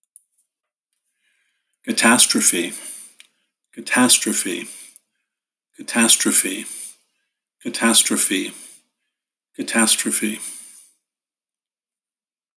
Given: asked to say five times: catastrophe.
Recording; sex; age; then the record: repeated word; male; 50 to 59 years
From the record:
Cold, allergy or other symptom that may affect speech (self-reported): no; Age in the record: 58 years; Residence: New York, United States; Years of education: 19